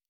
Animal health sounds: hydrophone in a shrimp aquaculture tank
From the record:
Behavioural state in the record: normal

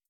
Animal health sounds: hydrophone in a shrimp aquaculture tank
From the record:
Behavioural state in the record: starved

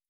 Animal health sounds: hydrophone in a shrimp aquaculture tank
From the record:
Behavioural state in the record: feeding

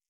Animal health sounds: hydrophone in a shrimp aquaculture tank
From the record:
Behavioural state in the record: stressed

